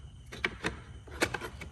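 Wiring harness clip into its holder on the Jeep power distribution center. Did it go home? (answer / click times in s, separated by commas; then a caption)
no / none. A plastic wiring harness clip is handled at its holder on a Jeep's power distribution center, producing a series of light clicks and rattles. The clip has not seated or clicked into place yet.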